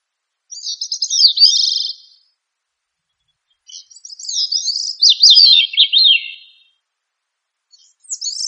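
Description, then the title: Thrush song: high, rapid warbled phrases with slurred up-and-down notes, two long phrases separated by a pause, a third beginning at the end; no other sounds. Bird of the family Turdidae, locally called sabiá. "Familia Turdidae - Sabia"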